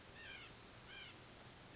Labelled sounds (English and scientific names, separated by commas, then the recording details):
White-breasted Nuthatch (Sitta carolinensis)
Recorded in Sonoma County, California